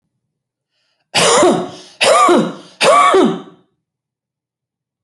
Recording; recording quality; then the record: heavy voluntary cough; excellent, no background noise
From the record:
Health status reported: healthy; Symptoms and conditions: none ticked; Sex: male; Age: 39 years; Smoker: not ticked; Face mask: not worn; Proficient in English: yes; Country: India